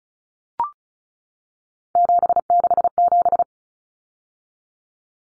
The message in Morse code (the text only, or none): 767